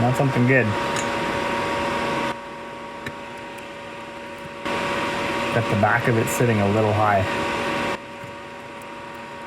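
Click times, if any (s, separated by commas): none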